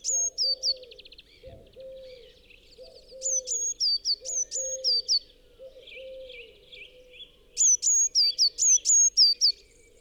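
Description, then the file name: Eurasian Blue Tit producing clusters of thin, high whistled notes alternating high and lower, plus a brief buzzy rattle, against repeated low hooting coos. "Cyanistes caeruleus"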